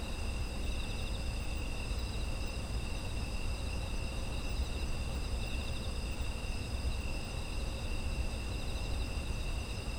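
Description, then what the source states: Insects chirring in a steady chorus, several continuous high trilling bands overlapping without pause, over a constant low rumble. Autumn insect ambience.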